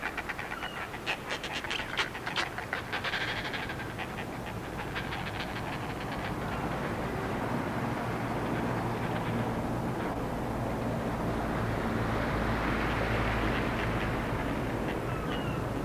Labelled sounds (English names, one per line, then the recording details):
Northern Fulmar call
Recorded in the wild
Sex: diverse
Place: Insel Mednyi, Kommandeur-Inseln, RU
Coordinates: 54.5167, 168.083
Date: 1999-06-30 18:48
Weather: bewölkt, 8°C, in Schlucht fast windstill
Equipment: Sony WM-D6C, Sennheiser MKH 70, Windkorb, Kopie Sony TCD-D8
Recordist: Frommolt, Karl-Heinz
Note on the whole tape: Südosten der Insel, Nordoststrand, 2. Tal nördlich der Hütten: Rufe in Brutkolonie bei Anflug des Partners zum Nest. Entfernung 40 m